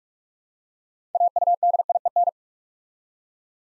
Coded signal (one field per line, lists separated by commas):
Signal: Morse code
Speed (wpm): 44 wpm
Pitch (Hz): 700 Hz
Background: none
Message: AUDIEN